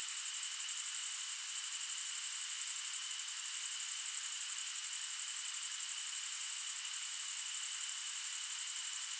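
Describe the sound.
Crickets chirping in a steady, very high-pitched pulsing trill that runs unbroken throughout, with a faint constant lower tone underneath.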